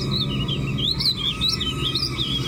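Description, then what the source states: Warbling vireo song: a continuous, rambling warble of quick, high, slurred notes, running without pause over a steady low hum. Sings a continuous warble from treetops, similar to the purple finch, with a distinctly rising inflection at the end.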